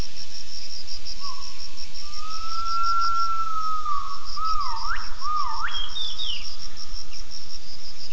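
Gibbon calling, a long steady whistled note that bends into sharp upswept whoops rising in pitch, over a continuous pulsing insect chorus.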